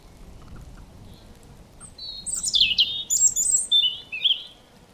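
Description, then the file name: European robin singing one high, rapid phrase of tumbling thin whistles and twittering notes after a quiet start, over a soft low rumble. "Erithacus rubecula"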